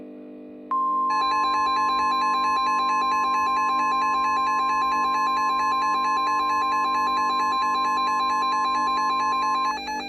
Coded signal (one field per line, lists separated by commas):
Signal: Emergency Alert System (SAME) tones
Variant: 1050 Hz attention tone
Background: music